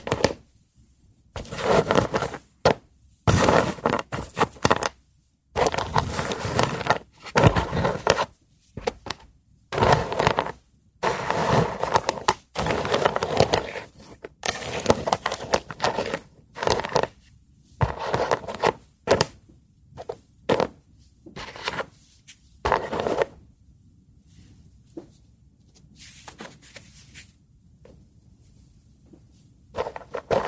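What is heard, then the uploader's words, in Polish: Wooden sounds: repeated scraping and knocking bursts, dense for twenty-odd seconds, then sparser, quieter touches near the end. ZAŚNIJ PRZY DŹWIĘKACH DREWNA! ASMR po polsku.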